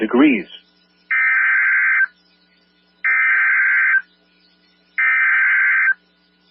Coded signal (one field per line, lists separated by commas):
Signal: Emergency Alert System (SAME) tones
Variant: header bursts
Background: speech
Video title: EAS EVACUATION IMMEDIATE for Potter TX on NOAA Weather Radio WXK38 4-4-2023